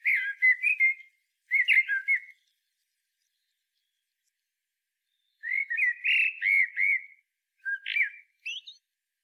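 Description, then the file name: Common blackbird singing mellow, fluted whistled phrases: two short phrases, a long pause, then more phrases ending in thin high squeaks. "Turdus merula"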